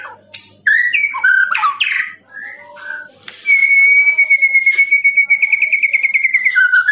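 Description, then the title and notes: Lovebird song: squeaky chatter, then one long, even, buzzy trill held for about three seconds before a final drop. Long trilling "ngekek" lovebird song, used as a master for training birds. "MASTERAN LOVEBIRD NGEKEK PANJANG. suara burung, master burung"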